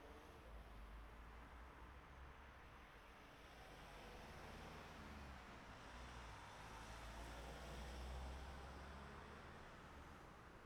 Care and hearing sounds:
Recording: everyday scene through a hearing-aid microphone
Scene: in traffic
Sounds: traffic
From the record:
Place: city secondary road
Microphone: behind the ear, right, rear

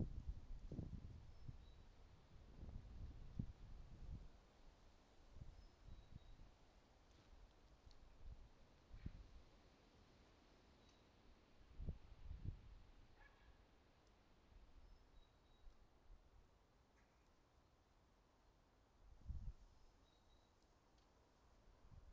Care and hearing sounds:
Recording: everyday scene through a hearing-aid microphone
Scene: wind on the microphone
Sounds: wind, traffic, birds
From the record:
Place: suburban garden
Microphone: in the ear canal, right

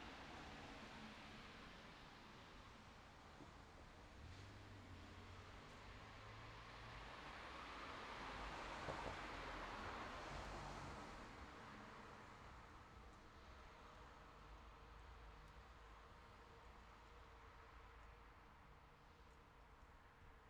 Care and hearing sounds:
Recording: everyday scene through a hearing-aid microphone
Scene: in traffic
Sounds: traffic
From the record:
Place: city secondary road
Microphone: in the ear canal, left

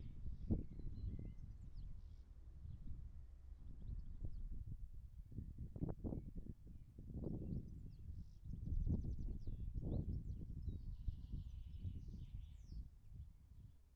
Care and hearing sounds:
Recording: everyday scene through a hearing-aid microphone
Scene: wind on the microphone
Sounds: wind, birds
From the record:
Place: in front of a rural house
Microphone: behind the ear, right, front

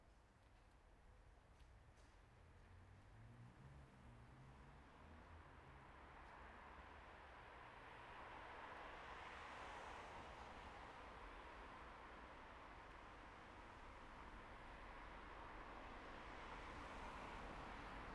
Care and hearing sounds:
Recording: everyday scene through a hearing-aid microphone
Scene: in traffic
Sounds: traffic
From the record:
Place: bus stop on a city main road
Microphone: behind the ear, right, rear

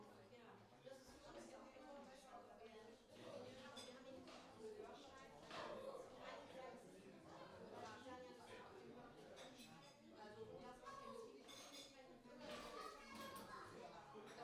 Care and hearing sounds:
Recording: everyday scene through a hearing-aid microphone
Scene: many people talking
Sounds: many voices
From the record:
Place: parish hall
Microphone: in the ear canal, left

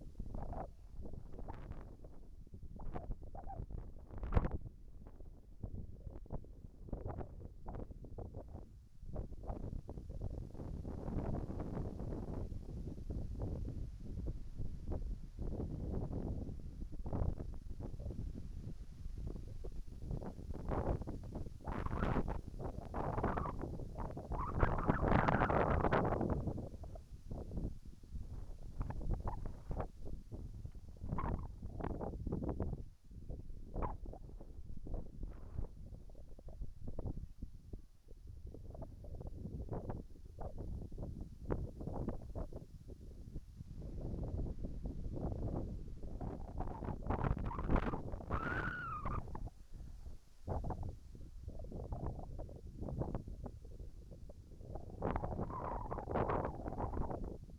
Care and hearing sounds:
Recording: everyday scene through a hearing-aid microphone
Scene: wind on the microphone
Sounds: wind, whistling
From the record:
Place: in front of a rural house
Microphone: behind the ear, right, rear

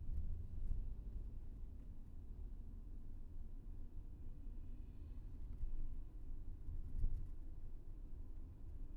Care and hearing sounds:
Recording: everyday scene through a hearing-aid microphone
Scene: in a vehicle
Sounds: engine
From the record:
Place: VW T5 Caravelle, diesel engine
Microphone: behind the ear, left, rear

